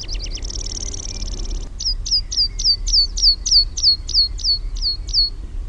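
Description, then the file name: Meadow pipit song: a buzzy trilled opening followed by a steady run of many sharp, high, descending notes, roughly three per second, over low steady rumble. Own recording, Finland. "NIITTYKIRVINEN"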